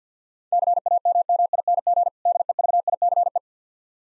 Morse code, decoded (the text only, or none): CAMMING DEVICE